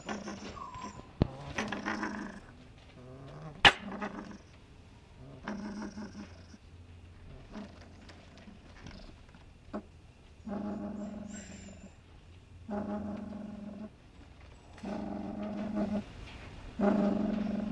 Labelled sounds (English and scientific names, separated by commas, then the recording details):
Fennec Fox (Vulpes zerda) call
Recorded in captivity
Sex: male
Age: adult
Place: Tierpark Berlin, Berlin, DE
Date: 1965-11-06 12:00
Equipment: Uher 4200 Report Monitor, Sennheiser MD 421, Transistorverstärker 2
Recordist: Tembrock, Günter